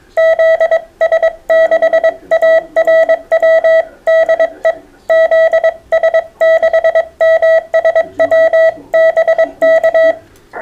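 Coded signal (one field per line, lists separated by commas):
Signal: Morse code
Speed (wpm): 22 wpm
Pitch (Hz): 650 Hz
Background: none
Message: ZS6ARW DE ZS6MSW BK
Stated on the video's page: CW group contacts on mostly 40m during the grey line hour, competing for the most contacts in an hour.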